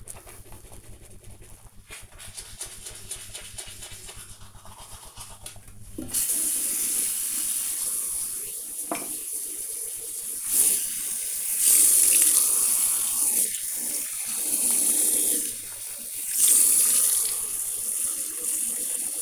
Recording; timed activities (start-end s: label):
household activities, microphone on the right wrist
0.00-19.22 s: brushing teeth